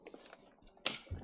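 A Roadlok disc lock on an Aprilia Tuono 1100 V4 Factory motorcycle: the bike is rocked slightly until the spring-loaded plunger finds a hole in the metal brake disc. After a few faint ticks and rustles, the plunger snaps in with a sharp, bright metallic click at 0.9 s, which rings briefly and is followed by low rumbling. The lock is seated and engaged after barely a centimetre of movement.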